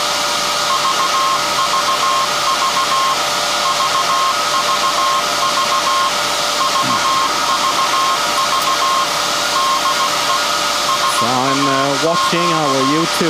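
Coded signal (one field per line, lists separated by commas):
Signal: Morse code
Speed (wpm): 16 wpm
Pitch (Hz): 1070 Hz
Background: speech, radio noise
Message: VVV VVV VVV DE SAQ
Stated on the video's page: SAQ Grimeton transmission from the 1924 Alexanderson alternator, sent live for the UNESCO 50th anniversary.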